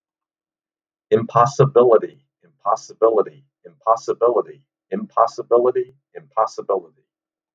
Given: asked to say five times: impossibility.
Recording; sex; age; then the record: repeated word; male; 60 to 69 years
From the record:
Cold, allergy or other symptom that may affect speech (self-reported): no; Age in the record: 69 years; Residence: Delaware, United States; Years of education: 17